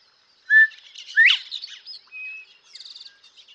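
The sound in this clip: Northern bobwhite call: a clear short whistle followed quickly by a strong rising whistle, with faint high chirps and a thin buzzy trill from other birds.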